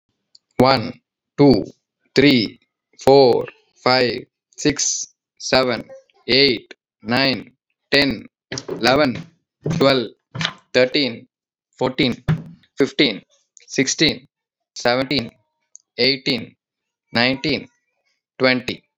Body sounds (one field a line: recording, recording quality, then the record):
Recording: counting at a normal pace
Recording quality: excellent, no background noise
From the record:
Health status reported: healthy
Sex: male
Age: 32 years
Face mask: not worn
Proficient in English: yes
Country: India